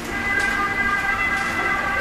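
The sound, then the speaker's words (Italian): An ambulance siren wails continuously at a large hospital at 8 in the evening, the ambulance having just brought in a patient; its steady high tones hold fairly loud and even across the whole two seconds over a low rumble of background noise. “L'ambulanza ha da poco portato un malato.”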